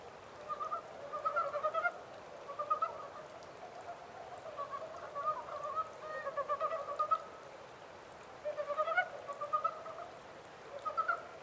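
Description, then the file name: Japanese mountain brown frog calling steadily: many short rattling pulse trains, nearly continuous through the middle, then a brief pause. Recorded 14 April 2010 at 03:17. "yamaakagaeru-20100414-0317"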